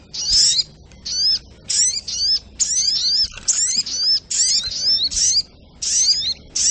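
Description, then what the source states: Crimson sunbird gives quick, high-pitched twittering bursts with descending slurred notes, many short phrases separated by brief gaps. Bird song used as masteran for teaching songbirds, Labaik variant.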